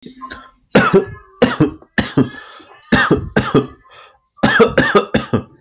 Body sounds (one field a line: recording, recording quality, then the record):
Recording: heavy voluntary cough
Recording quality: moderate, slight background noise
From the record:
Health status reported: healthy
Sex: male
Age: 37 years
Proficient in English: yes